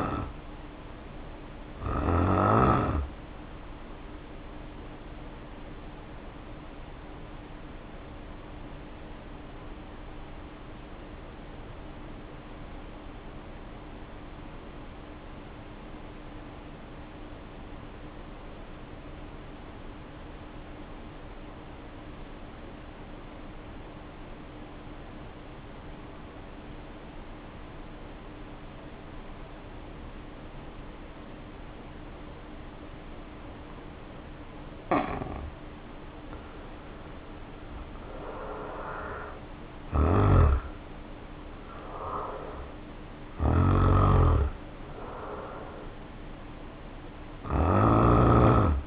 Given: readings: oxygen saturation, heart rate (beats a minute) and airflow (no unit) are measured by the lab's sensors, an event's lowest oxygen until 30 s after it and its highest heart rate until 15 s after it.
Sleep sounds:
breathing in sleep by a voice recorder at the bedside; 1
7.00-32.80 s: hypopnea (N1, oxygen 94% highest, then 72% lowest, heart rate 50 at the start, 70 highest)
From the record:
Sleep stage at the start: N1 (lightest sleep); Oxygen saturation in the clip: 75 to 94%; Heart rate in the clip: 50 to 70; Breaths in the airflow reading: 15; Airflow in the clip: -1.3 to 1.5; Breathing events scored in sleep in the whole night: 520 in 7.2 hours asleep

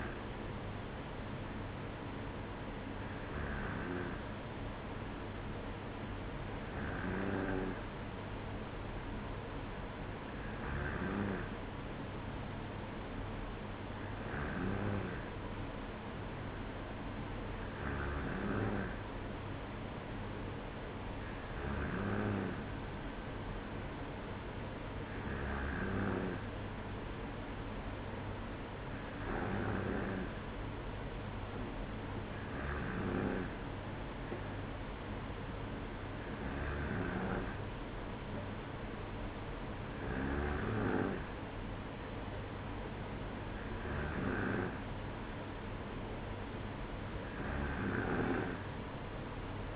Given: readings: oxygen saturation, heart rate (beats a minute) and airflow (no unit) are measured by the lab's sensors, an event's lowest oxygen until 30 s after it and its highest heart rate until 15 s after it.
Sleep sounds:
breathing in sleep by a voice recorder at the bedside; none
none scored
From the record:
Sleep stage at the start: N2 (light sleep); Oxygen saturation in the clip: 94%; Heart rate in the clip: 55 to 56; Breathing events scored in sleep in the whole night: 305 in 9.6 hours asleep

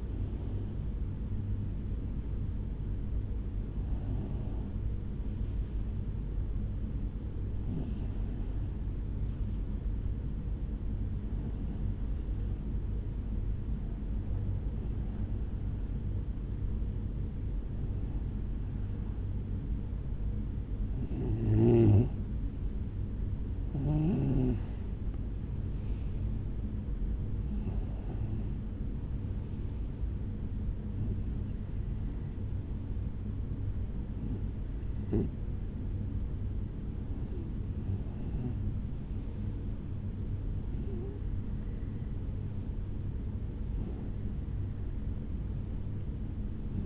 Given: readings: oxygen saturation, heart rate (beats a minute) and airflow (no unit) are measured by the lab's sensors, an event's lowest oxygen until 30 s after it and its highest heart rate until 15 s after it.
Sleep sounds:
breathing in sleep by a smartphone at the bedside; 1
0.00-23.00 s: awake
7.00-21.80 s: hypopnea (scored as awake, oxygen 97% highest, then 94% lowest, heart rate 68 at the start, 76 highest)
21.00-46.86 s: new sleep stage, N1 (lightest sleep)
From the record:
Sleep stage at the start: awake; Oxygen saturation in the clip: 93 to 97%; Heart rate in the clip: 66 to 76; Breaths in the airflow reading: 14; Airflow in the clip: -7.8 to 8.8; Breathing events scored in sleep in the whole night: 449 in 7.0 hours asleep

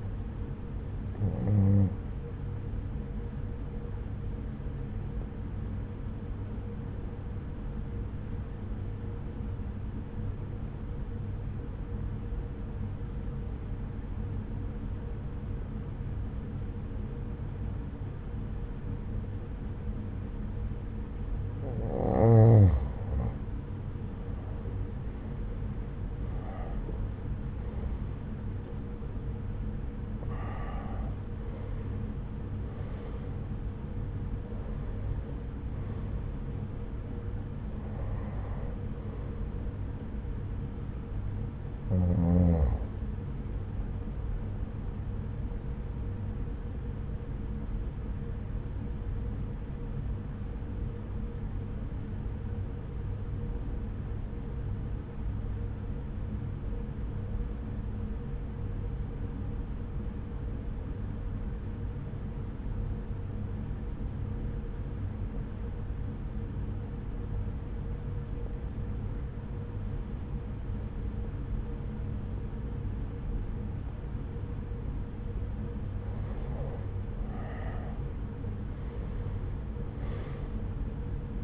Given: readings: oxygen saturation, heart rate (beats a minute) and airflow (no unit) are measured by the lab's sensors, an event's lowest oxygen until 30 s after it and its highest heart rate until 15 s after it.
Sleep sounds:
breathing in sleep by a smartphone at the bedside; 2
12.00-24.20 s: obstructive apnea (N1, oxygen 95% highest, then 87% lowest)
51.00-76.60 s: obstructive apnea (N1, oxygen 96% highest, then 87% lowest)
70.00-81.44 s: new sleep stage, awake
75.00-81.44 s: awake
From the record:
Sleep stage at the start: N1 (lightest sleep); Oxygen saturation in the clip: 87 to 96%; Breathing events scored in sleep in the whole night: 303 in 8.1 hours asleep

